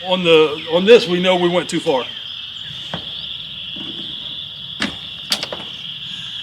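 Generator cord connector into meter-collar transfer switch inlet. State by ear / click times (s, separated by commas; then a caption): seated / 5.3 s. A generator power cord connector is pushed onto the GenerLink meter-collar transfer switch inlet and clicks into place at about 5.3 seconds, confirming it is connected; it only fits one way. Someone talks at the start over a steady high-pitched insect-like drone. Sharp knocks are heard around 4.8 and 5.4 seconds.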